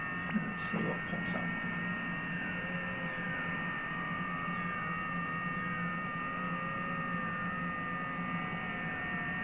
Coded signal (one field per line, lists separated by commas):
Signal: FT8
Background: speech